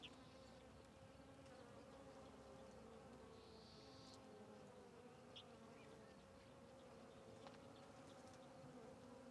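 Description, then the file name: Fly: flies give a continuous low buzzing drone, with a few brief, faint high chirps and clicks scattered through it. Flies circling a tree on the Sertão Zen trail; natural ambience recording. "Ambiencia na Trilha do Sertao Zen com Moscas Circudando Arvore"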